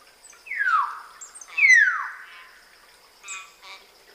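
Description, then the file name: Common hill myna with two loud, clear whistles sweeping steeply downward, followed by brief softer notes and a thin steady high hum. "Gracula religiosa"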